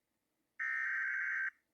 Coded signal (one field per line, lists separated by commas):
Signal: Emergency Alert System (SAME) tones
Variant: header bursts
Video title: EAS #36 Maricopa, AZ Administrative Message